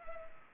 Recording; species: mosquito wingbeat signal from an infrared sensor; Culex pipiens